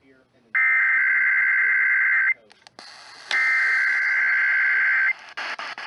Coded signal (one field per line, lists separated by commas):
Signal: Emergency Alert System (SAME) tones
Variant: header bursts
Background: speech